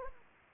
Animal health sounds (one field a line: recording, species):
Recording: mosquito wingbeat signal from an infrared sensor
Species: Anopheles gambiae